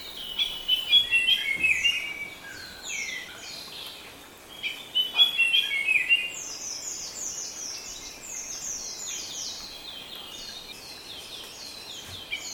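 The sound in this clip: Shama song phrases, two short bursts of varied sweet warbling, followed by a long run of rapid high chirping notes over light background hiss.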